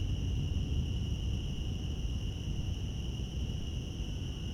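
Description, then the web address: Cicada giving a continuous, level, high-pitched whine that never varies, over constant low rumbling noise. Cicadas in Central Park. "lynne-publishing Central Park cicadas"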